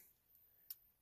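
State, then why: Seated. The top and bottom halves of a small plastic fiber-optic quick connector housing are squeezed together by hand. A single sharp, high tick sounds at 0.7 s against a faint steady hiss. The housing clicks closed and is seated.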